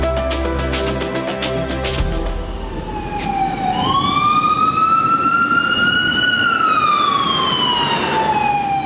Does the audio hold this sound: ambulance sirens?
yes